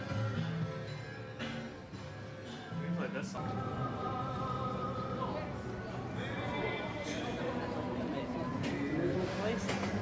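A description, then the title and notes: A walk through a busy park, with overlapping voices and crowd chatter filling the whole ten seconds at a steady level. Brief clacks and sharp knocks pop out now and then, near three seconds and again around nine, over a low rumbling bed. A Day at Universal Studios Florida. Walk the park as we journey from attraction to attraction.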